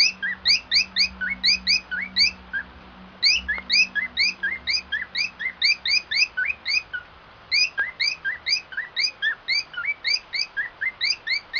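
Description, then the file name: Cockatiel chirping in fast repeated phrases of rising clipped notes, a faint low hum underneath during the first few seconds. White-faced variety cockatiel song. "canto da calopsita cara branca"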